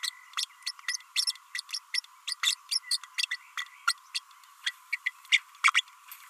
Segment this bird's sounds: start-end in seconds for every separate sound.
0.03-0.10, 0.36-0.45, 0.66-0.71, 0.88-0.96, 1.15-1.25, 1.54-1.61, 1.72-1.79, 1.94-2.00, 2.27-2.34, 2.42-2.55, 2.71-2.79, 2.90-2.97, 3.17-3.25, 3.31-3.36, 3.57-3.64, 3.87-3.93, 4.14-4.20, 4.66-4.71, 4.92-4.96, 5.06-5.11, 5.31-5.39, 5.63-5.71, 5.74-5.82